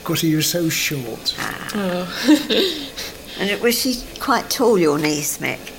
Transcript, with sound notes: 'Cause he was so short.
Aw. [laughs]
Ah-h. And was she quite tall, your niece, Mick?